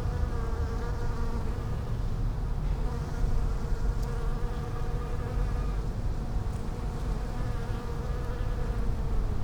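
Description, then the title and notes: Bees buzzing, a continuous droning hum with clear harmonic bands that wavers gently, plus a few faint clicks over low background rumble. Bees in lavender in the palliative care service garden of Hôpital Brugmann, Brussels, Belgium, a peaceful spot apart from other hospital pavilions; recorded with Sony PCM-M10 internal microphones. "Hôpital Brugmann, Place Arthur Van Gehuchten, Bruxelles, Belgique - bees in the palliative care services garden. Bees in the lavender from the palliative care service's garden. Abeilles dans la lavande, jardin du service de soins palliatifs"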